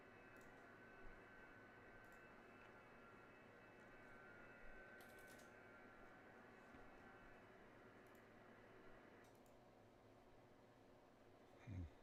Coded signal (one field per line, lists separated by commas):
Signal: FT8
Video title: Alpha HOA Buster Gutter Antenna - Come QSO me on FT8